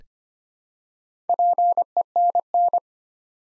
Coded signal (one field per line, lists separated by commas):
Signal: Morse code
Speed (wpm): 25 wpm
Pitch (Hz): 700 Hz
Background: none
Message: PENN